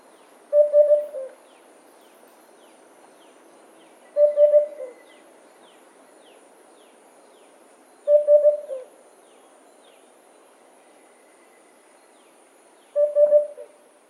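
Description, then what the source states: Sunda cuckoo calling: short low hooting phrases of a few quick notes, repeated about every four seconds, over a steady faint high insect hiss. Nominate subspecies, Cuculus lepidus lepidus.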